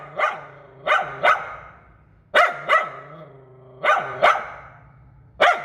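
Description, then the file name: Poodle yapping mostly in pairs of sharp barks, with faint whining tones trailing between them. "Tieng cho poodle sua"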